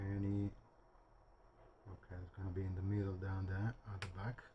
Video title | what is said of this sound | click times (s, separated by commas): Heindreel 1/144 from Aliexpress.. got scammed, this time... | Nice satisfying click as what we like. | 4.0 s, 4.4 s